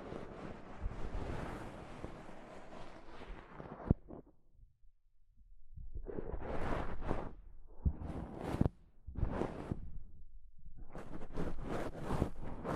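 Soft fabric brushes against a microphone in rough, rustling bursts. A long dense stretch of rubbing runs for the first four seconds, then near silence, then shorter strokes around six to nine seconds with a few sharp taps, and another steady run near the end.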